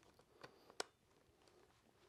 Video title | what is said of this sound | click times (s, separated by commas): Rhino Mount J Arm vs Argus A4 Mount AX14 Pro PVS 14 Night Vision | Then there we are clicked in. | 0.8 s